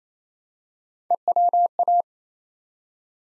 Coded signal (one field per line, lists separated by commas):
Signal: Morse code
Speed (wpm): 27 wpm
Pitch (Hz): 700 Hz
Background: none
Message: EWA